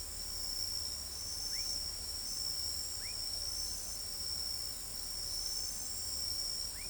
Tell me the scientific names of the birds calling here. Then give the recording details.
none. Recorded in pastures near Pivijay, Magdalena, Colombia, on 2 June 2023 at 02:30. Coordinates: 10.456, -74.369. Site P6-G026